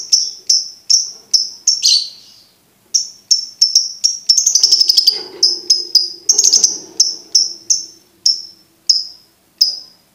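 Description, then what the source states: Lovebird chirps, evenly repeated bright notes, interrupted midway by a short buzzy trill and soft lower chatter, then the chirping carries on steadily. Used to train birds to learn ngekek singing.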